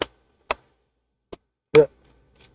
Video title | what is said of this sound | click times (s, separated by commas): Replacing Bad / Older Hard Drive with SATA Solid State Drive in Dell Inspiron 17 3793 Laptop! | you hear snapping so what you wanna do is you wanna snap as much as you can on | 0.0 s, 0.5 s, 1.8 s